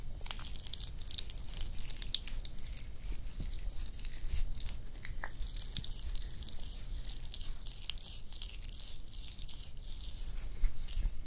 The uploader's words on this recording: ASMR Relaxing Hand Massage, Nail Care & Art No Talking (Layered Sounds).